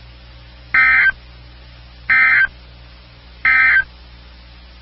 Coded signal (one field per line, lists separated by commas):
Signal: Emergency Alert System (SAME) tones